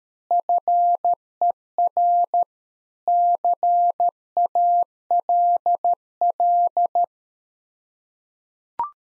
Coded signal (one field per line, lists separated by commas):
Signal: Morse code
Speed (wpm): 13 wpm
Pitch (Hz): 700 Hz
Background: none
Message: FER CALL